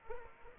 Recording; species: mosquito wingbeat signal from an infrared sensor; Aedes aegypti